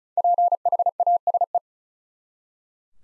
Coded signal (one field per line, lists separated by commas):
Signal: Morse code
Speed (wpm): 36 wpm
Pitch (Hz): 700 Hz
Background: none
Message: PHASE